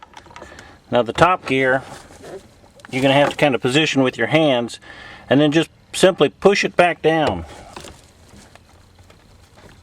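The top plastic gear of a dash A/C blend-door actuator in a Chevy pickup whose A/C blows hot is positioned by hand to line up with the other gear before being pushed back down. Someone talks over light handling sounds and small ticks. Nothing has snapped into place yet.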